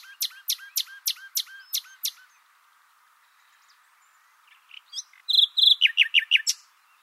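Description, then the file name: Common Nightingale singing a rapid run of repeated chopped notes, falling quiet for a short pause, then bursting into a loud, fast, pulsing trill. "Luscinia megarhynchos"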